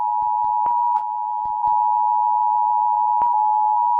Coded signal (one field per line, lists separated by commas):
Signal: Emergency Alert System (SAME) tones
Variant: 853 and 960 Hz attention tone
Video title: All Mistakes of The EAS Alarm from Oceania by @ShiverNovaiDorei